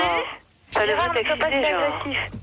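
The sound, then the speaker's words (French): A radio plays in the background, a thin, tinny broadcast voice talking steadily after a brief pause, with a faint low hum underneath. “Alors celui qui a la radio derrière, il arrête.”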